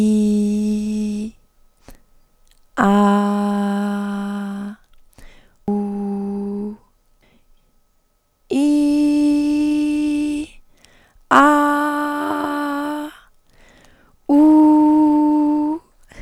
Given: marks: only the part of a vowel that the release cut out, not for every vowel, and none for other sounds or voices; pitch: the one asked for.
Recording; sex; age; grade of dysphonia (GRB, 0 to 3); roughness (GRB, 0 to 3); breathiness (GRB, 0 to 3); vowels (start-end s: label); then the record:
sustained vowels; female; 20 to 29 years; 1; 1; 0
0.00-0.82 s: vowel /i/, normal pitch
2.94-3.96 s: vowel /a/, normal pitch
5.83-6.65 s: vowel /u/, normal pitch
8.74-10.18 s: vowel /i/, high pitch
11.50-12.82 s: vowel /a/, high pitch
14.49-15.64 s: vowel /u/, high pitch
From the record:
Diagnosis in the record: hypofunctional dysphonia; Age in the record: 23 years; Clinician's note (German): Mit Phonationsverdickungen bds